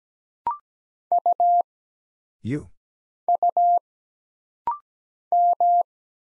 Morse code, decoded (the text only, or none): U U M